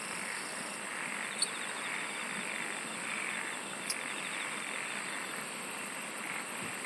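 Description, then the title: Insects singing in a dense chorus, a steady high shrill with pulsed trills coming and going above and below it, and two brief clicks. "SINGING OF INSECTS"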